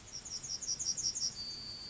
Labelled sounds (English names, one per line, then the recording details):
Yellowhammer song
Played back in grassland
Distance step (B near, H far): E
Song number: 027